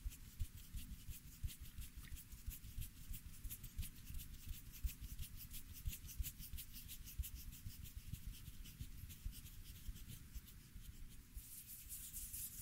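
Dry scissor snips and rubbing of hair come in a quick, steady stream of short strokes, dense and brushy throughout. A soft low rumble sits underneath, and near the end the sound turns brighter and hissier for a moment.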